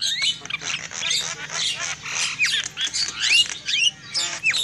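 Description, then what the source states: Lovebird chatter, harsh screechy notes mixed with a few clear rising squeaks, in steady bursts. Lovebird calls used as a lure for trapping birds.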